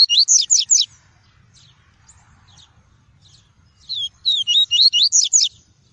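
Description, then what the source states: Double-collared seedeater song, two bright bursts of rapid, high, slurred notes separated by a few seconds of near quiet. "Tui-tui" song variety.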